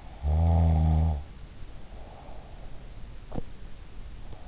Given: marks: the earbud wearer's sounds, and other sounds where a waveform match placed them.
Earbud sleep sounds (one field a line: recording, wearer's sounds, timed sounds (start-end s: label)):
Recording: sounds in sleep by an in-ear microphone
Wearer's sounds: snoring breath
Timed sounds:
0.12-3.72 s: snoring breath